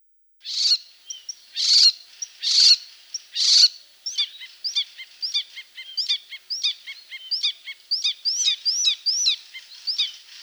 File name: Hippolais icterina